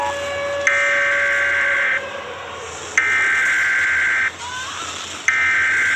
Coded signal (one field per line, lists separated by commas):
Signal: Emergency Alert System (SAME) tones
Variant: header bursts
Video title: Emergency Alert System ( Micah 2:10 )